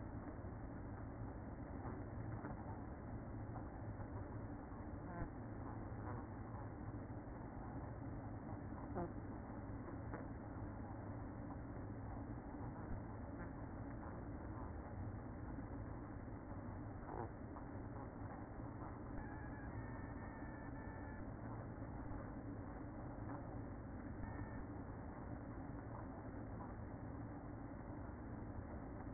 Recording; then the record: honeybee colony, microphone inside the hive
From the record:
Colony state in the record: queen present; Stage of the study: after two queens were removed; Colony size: about 60,000 bees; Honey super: yes